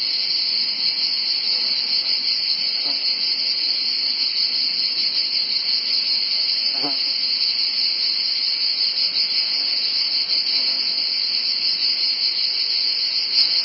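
Cicadas in an unbroken high, hissing buzz that holds steady throughout.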